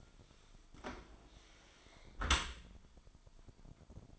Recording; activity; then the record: daily activity, microphone in the room; close dishwasher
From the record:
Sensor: 5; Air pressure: 1003.2 hPa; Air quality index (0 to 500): 135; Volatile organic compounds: 2 ppm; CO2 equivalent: 988 ppm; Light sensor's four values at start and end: 79/192/79/90 and 80/194/80/91